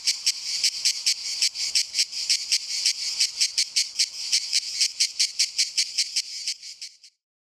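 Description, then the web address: Cicada song of dense, hissing, high pulses repeated several times a second, ending abruptly after about seven seconds and followed by silence. "cicala"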